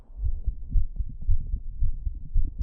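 Quick, regular lub-dub heartbeat of an adult heard through a stethoscope, somewhat fast at roughly 110 beats a minute.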